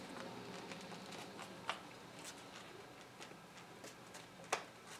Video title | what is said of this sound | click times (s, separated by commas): Introduction to Backboarding (Seat Belt Straps) | so that's now snapped back into place and set on a certain height. | 4.5 s